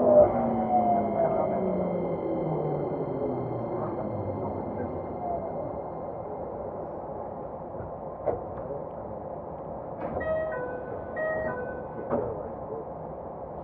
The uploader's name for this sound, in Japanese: 京急2100形 横浜〜三崎口